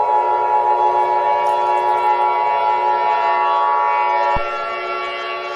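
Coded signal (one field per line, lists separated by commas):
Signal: Emergency Alert System (SAME) tones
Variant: 853 and 960 Hz attention tone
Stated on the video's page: Fictional EAS scenario.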